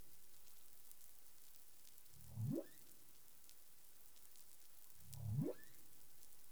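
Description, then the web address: Humpback whale calls, two low upsweeping moans rising steeply from low to mid pitch. Caribbean, 20 April 2021, 04:02 UTC. "humpback whale 20210420 040242 UTC"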